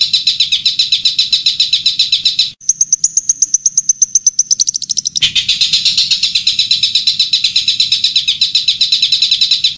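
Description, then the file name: Long-tailed shrike song: a dense, rapid, buzzy chatter of repeated high notes, broken by a thin, quickening whistled trill before the harsh chatter returns. Combined track used for training pet birds. "kombinasi tren cendet"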